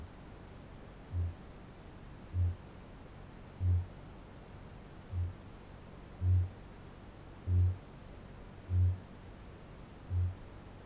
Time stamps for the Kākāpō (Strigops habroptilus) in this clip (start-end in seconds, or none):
0.86-10.85